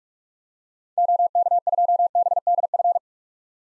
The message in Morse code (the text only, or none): OK2BDF